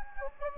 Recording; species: mosquito wingbeat signal from an infrared sensor; Anopheles gambiae